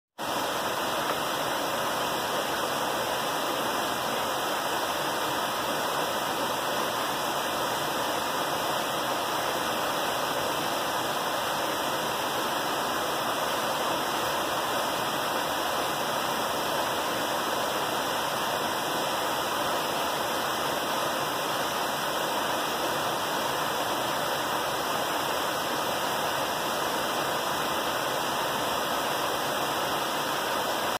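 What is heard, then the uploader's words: A waterfall roars steadily, its dense rushing sound filling everything from low rumble to bright hiss. The texture stays constant for the whole half minute, with no pauses or separate events, and the higher hiss dominates over the softer low end. Beautiful waterfall.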